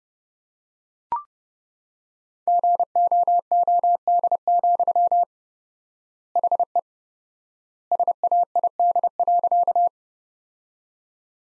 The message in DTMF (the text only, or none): none